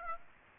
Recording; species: mosquito wingbeat signal from an infrared sensor; Aedes aegypti